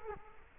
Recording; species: mosquito wingbeat signal from an infrared sensor; Culex quinquefasciatus